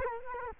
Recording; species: mosquito wingbeat signal from an infrared sensor; Culex quinquefasciatus